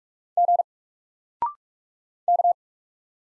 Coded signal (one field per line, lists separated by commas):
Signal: Morse code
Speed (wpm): 45 wpm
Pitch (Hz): 700 Hz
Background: none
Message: G K